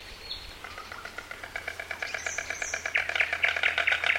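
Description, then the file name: White stork making a fast, dry rattling clatter of rapid pulses that grows louder and denser toward the end, with a few high chirps. "weissstorch"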